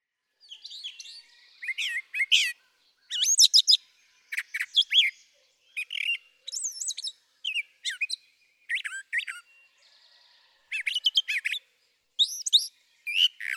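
Brown thrasher song: a run of varied phrases, chirps, slurred whistles and buzzy notes, with brief pauses between groups.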